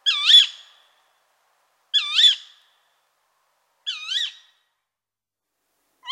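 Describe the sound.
Tawny owl calls: harsh, squawking two-part notes, each bending up then down, repeated about every two seconds, four calls in all, with nothing else heard.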